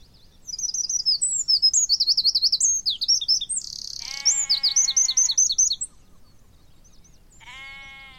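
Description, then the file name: Eurasian wren song: rapid high twittering phrases and a dry buzzy trill. Another bird gives a lower, harsh, drawn-out call twice in the second half. "Troglodytes troglodytes"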